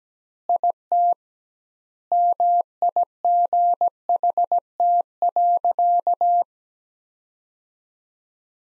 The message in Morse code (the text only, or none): IT MIGHT.